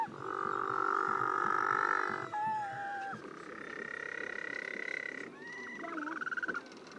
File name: white flippered